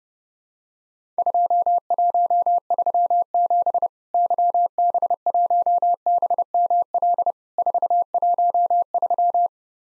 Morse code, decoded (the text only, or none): 2137 YB1BML 413